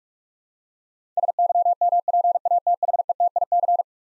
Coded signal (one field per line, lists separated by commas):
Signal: Morse code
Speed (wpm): 42 wpm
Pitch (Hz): 700 Hz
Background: none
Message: SYMPATHETIC